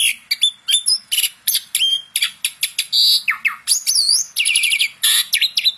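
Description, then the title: Asian pied starling song, a fast string of varied high whistles, sliding notes and sharp chirps with brief pauses between bursts. "Masteran Jalak Suren"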